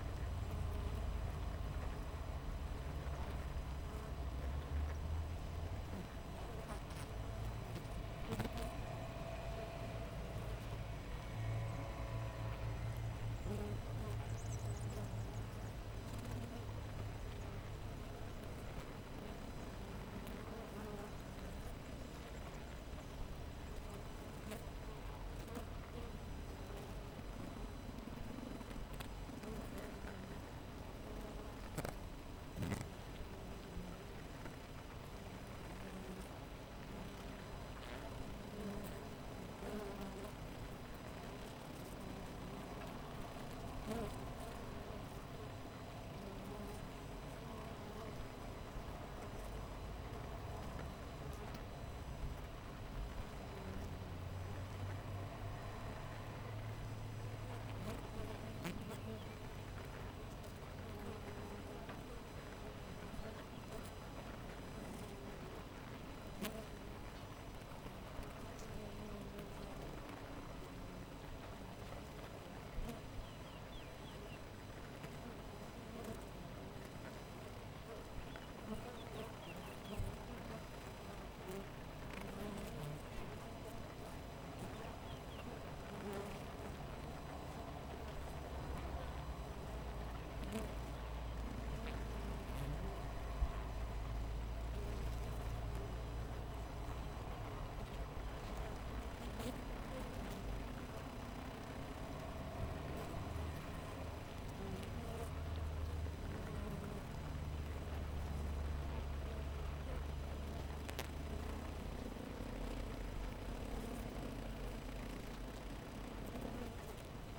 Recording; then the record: honeybee colony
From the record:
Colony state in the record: missing queen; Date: 14 July 2017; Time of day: 7:04